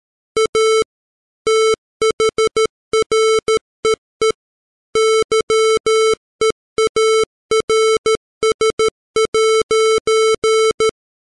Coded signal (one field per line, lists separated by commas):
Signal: Morse code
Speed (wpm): 13 wpm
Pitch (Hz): 440 Hz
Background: music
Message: A THREE YEARS'